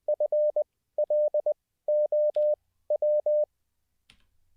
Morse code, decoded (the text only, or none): FLOW